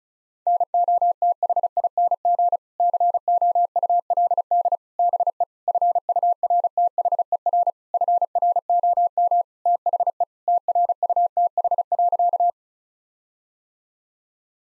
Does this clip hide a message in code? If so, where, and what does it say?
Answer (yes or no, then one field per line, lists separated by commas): yes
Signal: Morse code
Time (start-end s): 0.5-12.5 s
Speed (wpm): 36 wpm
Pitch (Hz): 700 Hz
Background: none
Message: NOTHING COULD BE FURTHER FROM THE TRUTH.